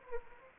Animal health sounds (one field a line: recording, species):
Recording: mosquito wingbeat signal from an infrared sensor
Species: Anopheles gambiae